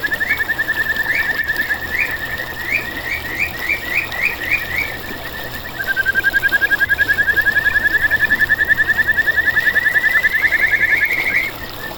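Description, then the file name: Kajika frog giving a series of short rising chirps, then a long rapid whistled trill that climbs slightly in pitch toward its end. "buergeri"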